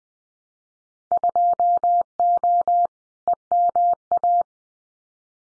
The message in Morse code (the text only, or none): 2O EMA